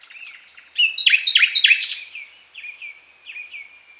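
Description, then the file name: Common nightingale song: a varied phrase of loud, sharp descending whistled notes repeated a few times, followed by softer slurred whistles, with no other clear sounds. "Luscinia megarhynchos"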